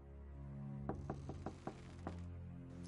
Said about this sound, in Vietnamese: Bên ngoài cửa có tiếng người vừa gõ cửa vừa gọi tên của Song Trai.